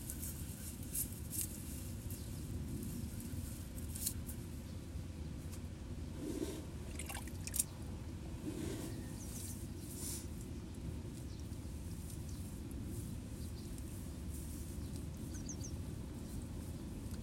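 Water in a rice paddy nursery where seedlings are being pulled, under a steady, dense low rumble that runs the whole way through. Brief sloshing splashes rise around the sixth and eighth seconds, and a few faint, thin bird chirps come near the end.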